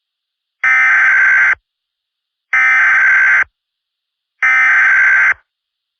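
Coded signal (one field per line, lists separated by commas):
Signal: Emergency Alert System (SAME) tones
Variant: header bursts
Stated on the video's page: Simulated EAS tones in a fan-made Garry's Mod scenario recreation.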